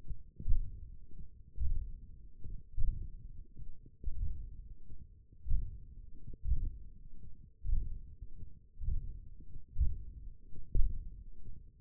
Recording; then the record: forearm muscle sounds (acoustic myography)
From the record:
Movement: hook grip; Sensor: system 1, eight BSWA MPA416 microphones around the upper forearm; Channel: 4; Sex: male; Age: 21 years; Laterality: right